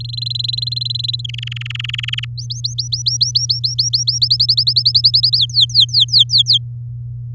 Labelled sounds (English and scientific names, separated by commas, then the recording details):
Domestic Canary (Serinus canaria) song
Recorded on 10 May 2018 at 15:01
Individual llb16